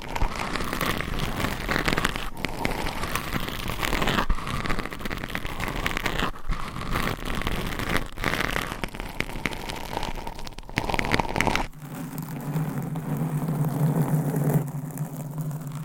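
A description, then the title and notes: Close, dense mic scratching crackles steadily for about twelve seconds, then gives way to a quieter, low rumbling hum with faint rustles. ASMR Mic Scratching Test 10 Mics - 10 Levels Intense Trigger Warning! Asmr No Talking.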